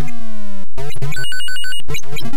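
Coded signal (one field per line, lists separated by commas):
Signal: none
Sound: retro game sound effects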